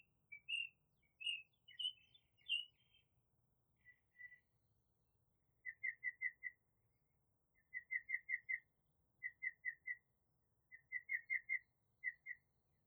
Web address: Tedford Sarah Sounds Birds 4 Removed Background Noise